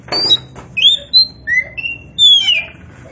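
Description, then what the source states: Oriental magpie-robin giving clear, sliding whistled notes one after another at varied pitches, with a short scratchy sound at the start. Oriental magpie-robin (kacer), poci form, singing vigorously (gacor).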